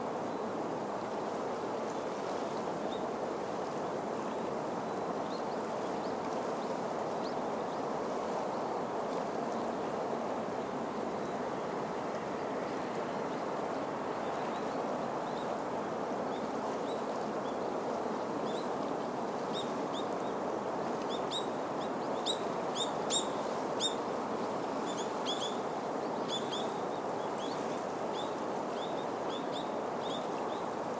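A river flows with a steady, dense rush, while small bright chirps of birds or insects appear more often after about twenty seconds.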